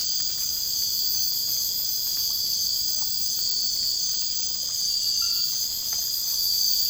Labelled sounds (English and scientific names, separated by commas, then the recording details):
none
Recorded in dense forest near Puerto Asís, Putumayo, Colombia, on 19 February 2024 at 03:30
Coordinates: 0.485, -76.325
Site G6429